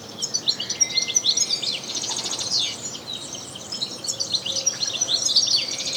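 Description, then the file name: European goldfinch giving a busy stream of high twittering and chirping notes with buzzy trilled bursts, nearly nonstop. "Carduelis carduelis"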